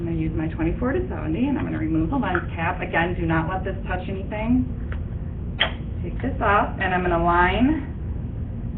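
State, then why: Not seated. A 24-70 zoom lens, its lens cap removed, is handled and brought toward a DSLR camera's bayonet mount while someone talks, with two brief handling knocks near 4.9 and 5.6 seconds. Nothing has seated or clicked yet.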